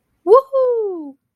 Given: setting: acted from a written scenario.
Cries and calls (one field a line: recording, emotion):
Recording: vocal sound without words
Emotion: elation